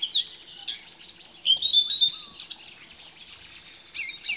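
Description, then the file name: Eurasian blackcap giving a short warbled phrase of bright whistled notes and sharp chirps, with a steady clear whistle in the middle. "Sylvia atricapilla"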